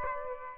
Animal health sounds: mosquito wingbeat signal from an infrared sensor; Aedes albopictus

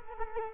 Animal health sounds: mosquito wingbeat signal from an infrared sensor; Culex quinquefasciatus

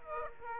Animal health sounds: mosquito wingbeat signal from an infrared sensor; Aedes aegypti

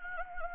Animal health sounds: mosquito wingbeat signal from an infrared sensor; Anopheles gambiae

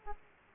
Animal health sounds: mosquito wingbeat signal from an infrared sensor; Aedes aegypti

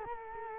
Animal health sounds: mosquito wingbeat signal from an infrared sensor; Culex quinquefasciatus

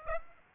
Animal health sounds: mosquito wingbeat signal from an infrared sensor; Aedes aegypti

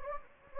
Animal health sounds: mosquito wingbeat signal from an infrared sensor; Anopheles gambiae

